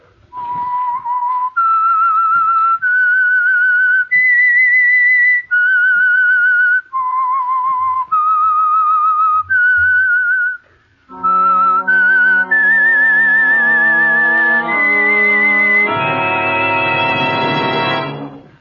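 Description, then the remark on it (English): A lone whistler plays a slow, eerie melody of eight sustained, wavering notes that rise and fall, then a fuller instrumental passage takes over with rising held notes, loud and with no talking. “That whistle is your signal for the Signal Oil Program, The Whistler.”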